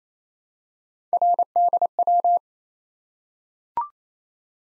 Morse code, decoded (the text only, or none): RDW